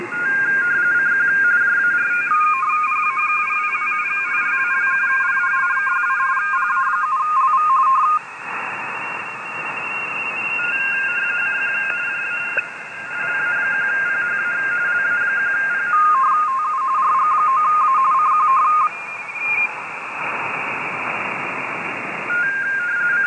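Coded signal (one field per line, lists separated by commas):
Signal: RTTY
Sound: rapid warbling two-tone chirping, a second fainter higher warble alongside, over hiss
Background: radio static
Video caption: Réception de signaux RTTY et décodage avec FLdigi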